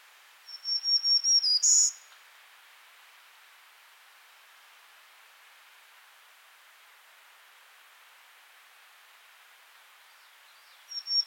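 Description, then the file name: Black-throated green warbler gives one high, buzzy phrase of rapid repeated notes ending in a louder buzz. Quiet follows, then the next phrase begins. "Setophaga virens - Black-throated Green Warbler"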